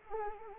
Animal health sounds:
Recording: mosquito wingbeat signal from an infrared sensor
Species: Anopheles arabiensis

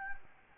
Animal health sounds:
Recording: mosquito wingbeat signal from an infrared sensor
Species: Anopheles gambiae

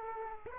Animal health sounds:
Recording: mosquito wingbeat signal from an infrared sensor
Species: Aedes aegypti

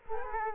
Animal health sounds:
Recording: mosquito wingbeat signal from an infrared sensor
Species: Culex quinquefasciatus

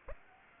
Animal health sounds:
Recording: mosquito wingbeat signal from an infrared sensor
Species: Aedes aegypti

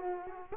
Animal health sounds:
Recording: mosquito wingbeat signal from an infrared sensor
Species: Culex quinquefasciatus

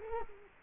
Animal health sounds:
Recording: mosquito wingbeat signal from an infrared sensor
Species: Culex quinquefasciatus

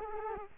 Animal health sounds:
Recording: mosquito wingbeat signal from an infrared sensor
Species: Culex quinquefasciatus

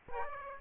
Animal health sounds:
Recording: mosquito wingbeat signal from an infrared sensor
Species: Aedes aegypti

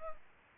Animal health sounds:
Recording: mosquito wingbeat signal from an infrared sensor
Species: Culex pipiens

